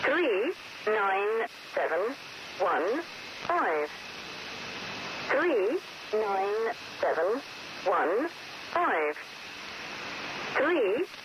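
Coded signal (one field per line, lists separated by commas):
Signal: numbers station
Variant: Lincolnshire Poacher (E3), English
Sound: about ten short, evenly spaced spoken words, like digits read out, over radio hiss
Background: radio static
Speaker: the Lincolnshire poacher embodies the format most commonly used in number station broadcasts preceding a message is two bars of the English folk song of the same name then a single five digit group of numbers repeated ten times then six chimes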